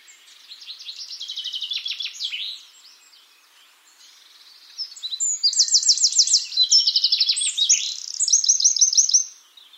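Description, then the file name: Eurasian wren song: a soft run of high trills, a short pause, then a loud, vigorous sequence of rapid rattling trills and piercing notes lasting several seconds. "Troglodytes troglodytes"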